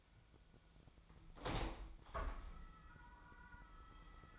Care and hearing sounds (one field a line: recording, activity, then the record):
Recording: daily activity, microphone in the room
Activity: open window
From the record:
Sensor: 1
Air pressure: 1004.7 hPa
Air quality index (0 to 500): 100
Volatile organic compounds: 3 ppm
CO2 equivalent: 1361 ppm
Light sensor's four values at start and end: 8/20/8/8 and 8/20/8/9